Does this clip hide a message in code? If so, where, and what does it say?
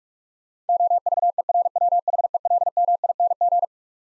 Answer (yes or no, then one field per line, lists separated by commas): yes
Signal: Morse code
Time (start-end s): 0.7-3.6 s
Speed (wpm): 46 wpm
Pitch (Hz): 700 Hz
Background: none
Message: OVERWHELMING